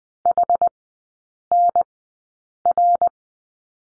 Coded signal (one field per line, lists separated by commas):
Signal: Morse code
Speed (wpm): 20 wpm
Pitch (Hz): 700 Hz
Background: none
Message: HNR